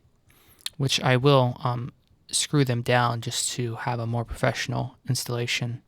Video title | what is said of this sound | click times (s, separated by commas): Workstation Build Part 2: Case Prep [2019] | will click into place sort of deal | 0.7 s